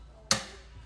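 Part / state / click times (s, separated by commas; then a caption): wooden drawer box onto cabinet drawer slides / partly seated / 0.3 s. A DIY wooden kitchen drawer box is pushed onto its undermount cabinet slides, giving a single sharp, bright click at 0.3 s that fades quickly over a quiet background. Only one click is heard, so only one side appears to have latched.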